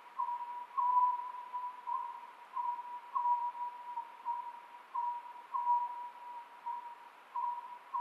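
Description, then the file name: Oriental scops owl giving a clear, steady series of short hooted phrases, the same note repeated in quick groups throughout, over quiet background noise. Recorded 27 May 2010 at 23:35. "konohazuku-20100527-2335"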